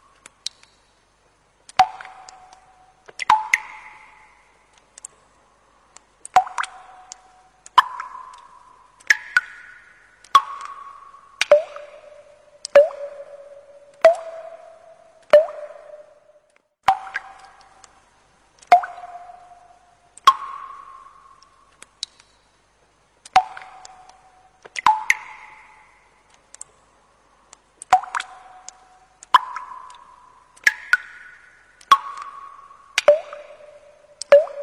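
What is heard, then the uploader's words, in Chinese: Water drops fall one by one onto a stone ledge, each landing as a crisp plop with a short ringing tone that changes pitch from drop to drop. They come every second or so, close and clear, with brief silent gaps and no other sounds. 水滴落石台。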